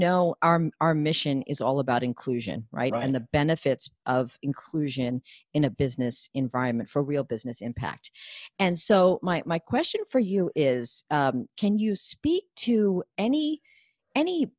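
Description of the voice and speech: One adult speaks fluently in a conversational interview, asking a question about inclusion in business. Voice is clear with natural pitch variation and ordinary pauses between phrases; no stuttering, slurring or voice disorder is evident.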